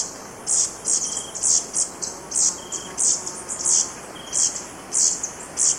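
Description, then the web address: Ashy-throated bush-tanager song: very high, thin, buzzy bursts repeated over and over about twice a second, over a soft background hiss. In Ecuador. "Birds of Ecuador. Ashy-throated Bush-Tanager"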